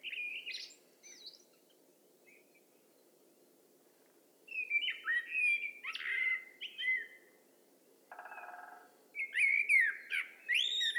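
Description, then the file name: Common blackbird singing melodious warbled phrases with squeaky high twitters, interrupted once by a short buzzy rattle. "Turdus merula"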